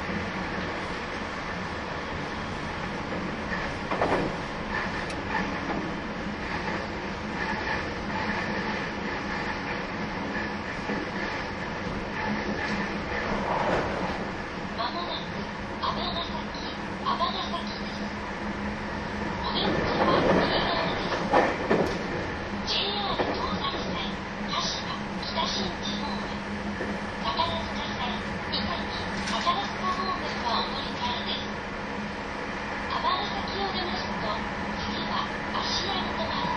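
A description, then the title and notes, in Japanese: A train runs along with a steady, dense rumble and a constant low hum throughout. Brighter swells and clattering bursts rise around 4, 14 and 20 seconds, and faint voices come and go beneath the running noise. 225系 700 新快速23号 01/01:野洲～姫路。有料座席＂Aシート＂専用車両として新造された車両が225系-700です。その車両のロングラン運転となる＂新快速23号＂の列車走行音(静止画)です。収録年月:2023,12。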